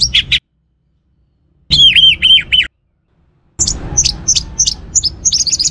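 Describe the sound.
Orange-headed thrush singing: loud, short phrases of high, sweet whistled notes with rapid repeated slurs, separated by long silences.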